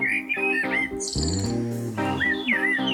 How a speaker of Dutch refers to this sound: Mooi mereltje.